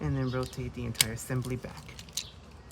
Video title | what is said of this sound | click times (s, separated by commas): 2002 Armada Hot Shot and Mini-Con Jolt | and just snaps into place and there you go | 2.2 s